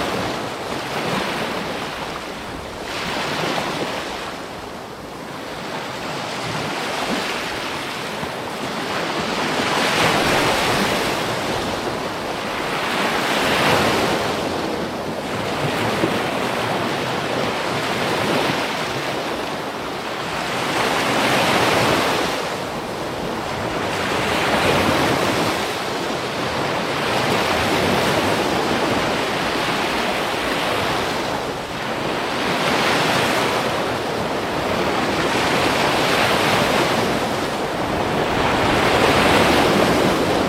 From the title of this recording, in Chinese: 晨曦 沙滩 海浪声